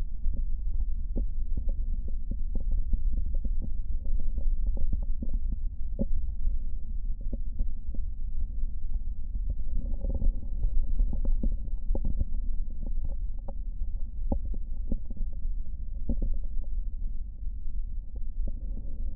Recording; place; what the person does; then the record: lung sounds by stethoscope; right posterior basal chest; quiet breathing, then deep breathing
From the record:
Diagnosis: asthma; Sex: female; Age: 65 years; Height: 157 cm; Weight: 70.2 kg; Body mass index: 28.5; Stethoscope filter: diaphragm mode